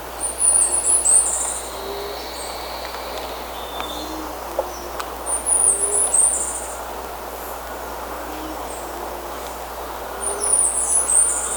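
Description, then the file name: Bird calls: three bursts of high, squeaky chatter spaced roughly every five seconds, with soft low whistled notes and a few faint clicks in the background. "SABIOD 50 bird 2015"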